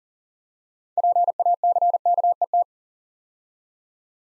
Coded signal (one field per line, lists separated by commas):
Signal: Morse code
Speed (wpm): 40 wpm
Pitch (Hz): 700 Hz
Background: none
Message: PACKET